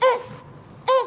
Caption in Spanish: Estaba yo enfermo, tenía como muy inflamada la garganta una tos, pero esa tos como... así, como de perro rara. Pero era con un chillido.